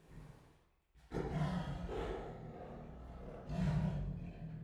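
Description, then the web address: Siberian tiger giving a deep, rough roar that starts after a quiet moment and swells again near the end. Two captive sister females at a zoo in Miskolc, recorded in 2018. "sziberiai tigris ketnostenytestver miskolczoo"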